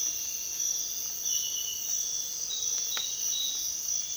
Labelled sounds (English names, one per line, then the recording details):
none
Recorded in dense forest near Puerto Asís, Putumayo, Colombia, on 19 February 2024 at 06:00
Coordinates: 0.466, -76.327
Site G6413